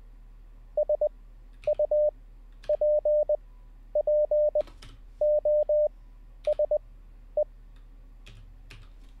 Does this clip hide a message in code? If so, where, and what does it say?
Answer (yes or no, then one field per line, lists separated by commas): yes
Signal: Morse code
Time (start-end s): 0.8-7.4 s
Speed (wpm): 20 wpm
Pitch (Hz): 600 Hz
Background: none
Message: SUPPOSE